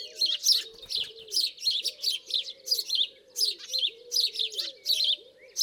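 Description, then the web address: House sparrow chirping, bright and clipped, in a busy string, while low soft cooing notes rise and fall beneath. "SETE data Passer domesticus"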